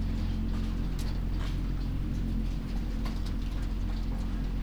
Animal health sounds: poultry house recording; sick chickens (respiratory disease)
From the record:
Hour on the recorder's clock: 0

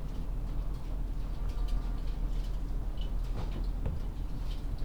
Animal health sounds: poultry house recording; sick chickens (respiratory disease)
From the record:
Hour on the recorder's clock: 20

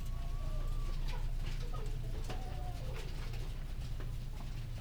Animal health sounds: poultry house recording; healthy chickens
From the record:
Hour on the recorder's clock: 19

